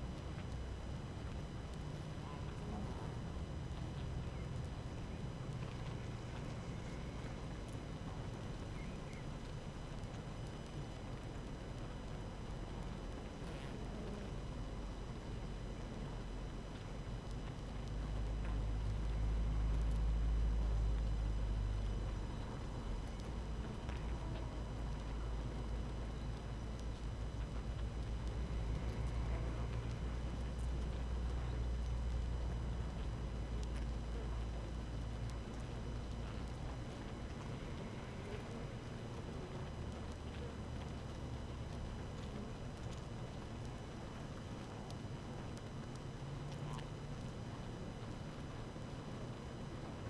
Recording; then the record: honeybee colony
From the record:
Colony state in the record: active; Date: 12 June 2018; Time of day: 5:42